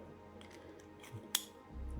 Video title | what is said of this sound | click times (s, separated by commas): Lego Star Wars Onyx Cinder Display Stand - How to | it's quite satisfying snap | 1.3 s